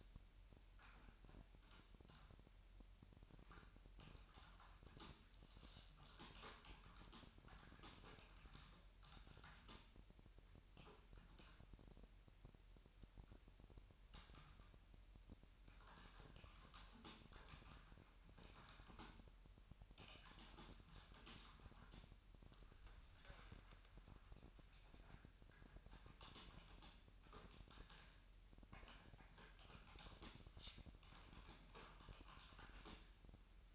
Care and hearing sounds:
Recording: daily activity, microphone in the room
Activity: typing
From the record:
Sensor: 2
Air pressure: 1001.9 hPa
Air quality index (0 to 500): 248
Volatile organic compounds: 39 ppm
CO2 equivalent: 3129 ppm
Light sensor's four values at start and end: 11/36/13/14 and 11/36/13/14

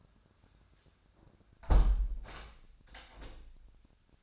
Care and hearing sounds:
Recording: daily activity, microphone in the room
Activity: close window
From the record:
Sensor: 2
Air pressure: 1006.4 hPa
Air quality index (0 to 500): 195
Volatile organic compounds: 12 ppm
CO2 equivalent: 2376 ppm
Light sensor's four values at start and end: 9/21/9/9 and 8/20/8/9

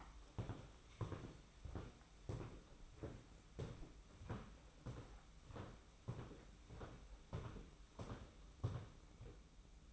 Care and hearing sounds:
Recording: daily activity, microphone in the room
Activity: walk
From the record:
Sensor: 1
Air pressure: 991.6 hPa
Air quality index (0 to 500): 167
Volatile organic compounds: 1000 ppm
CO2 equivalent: 6284 ppm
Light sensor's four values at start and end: 29/102/39/40 and 30/102/39/40

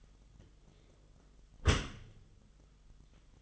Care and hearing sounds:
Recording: daily activity, microphone in the room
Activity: close dishwasher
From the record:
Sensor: 4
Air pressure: 1005.6 hPa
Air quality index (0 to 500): 112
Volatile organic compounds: 3 ppm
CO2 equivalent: 1393 ppm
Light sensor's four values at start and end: 11/24/10/9 and 12/27/10/10

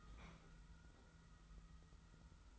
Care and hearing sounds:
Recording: daily activity, microphone in the room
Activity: open fridge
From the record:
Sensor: 3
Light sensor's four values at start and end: 28/68/27/26 and 28/68/27/26

